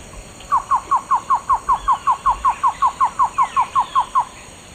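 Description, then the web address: Cocha antshrike song: a steady run of about twenty short, down-slurred notes, evenly paced, over a low background hiss. Male song; eastern lowlands of South America. "Natures Songs S America Eastern Lowlands. Thamnophilus praecox, song male"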